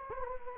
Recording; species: mosquito wingbeat signal from an infrared sensor; Anopheles gambiae